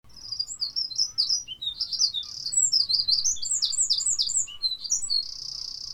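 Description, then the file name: Eurasian wren song, a fast, loud run of high trills and sharp warbled notes, then a sustained rattling trill. "Troglodytes troglodytes"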